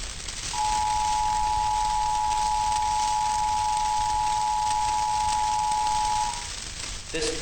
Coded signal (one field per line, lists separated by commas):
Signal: Emergency Alert System (SAME) tones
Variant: 853 and 960 Hz attention tone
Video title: EAS Mock 26: The Star Point Incident